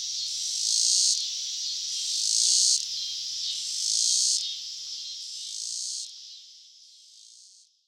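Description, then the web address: Robinson's cicada song: a loud, high buzzing drone that swells and fades in pulses about every one and a half seconds, weakening and trailing off toward the end. "The Songs of Insects Robinson's Cicada"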